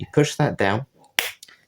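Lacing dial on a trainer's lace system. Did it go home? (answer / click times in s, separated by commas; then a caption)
yes / 1.2 s. Someone talks, then pushes the plastic lacing dial of a trainer's lace system back down, and it clicks into place at 1.2 seconds, engaging so it can be twisted to tighten. A couple of fainter ticks follow just after.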